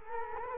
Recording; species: mosquito wingbeat signal from an infrared sensor; Culex quinquefasciatus